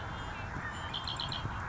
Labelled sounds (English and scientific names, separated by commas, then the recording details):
Red-winged Blackbird (Agelaius phoeniceus)
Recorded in Sonoma County, California